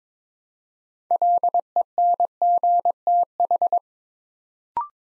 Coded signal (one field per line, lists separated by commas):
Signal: Morse code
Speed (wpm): 23 wpm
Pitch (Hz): 700 Hz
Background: none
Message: LENGTH